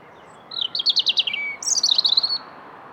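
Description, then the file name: European robin song: a repeated rippling trill of five or six notes, a short low whistle, then a fast high shimmering trill. "Erithacus rubecula"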